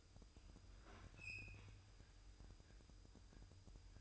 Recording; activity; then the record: daily activity, microphone in the room; open fridge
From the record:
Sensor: 2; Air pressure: 988.3 hPa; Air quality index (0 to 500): 190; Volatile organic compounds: 180 ppm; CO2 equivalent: 4143 ppm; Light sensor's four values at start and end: 21/70/27/26 and 21/70/27/26